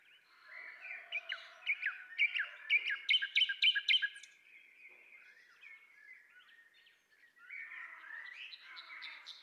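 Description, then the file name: Common nightingale singing with a low drawn whistle early on, a series of sharp repeated chirps loudest around three seconds, then softer warbled phrases. "Luscinia megarhynchos"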